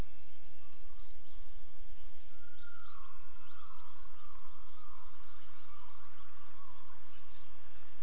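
Gibbon calls: faint, wavering whooping notes that slide downward and repeat, over a steady high insect drone and constant background hiss.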